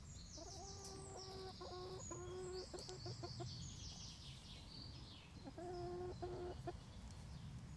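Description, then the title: Chickens making soft, nasal clucking notes in short bursts, with high thin peeps and rustling, pecking noises in the background. Chickens in a henhouse making little noises while eating, Laren Gld., 18 July 2015. "Henhouse. Kippenhok (Laren Gld"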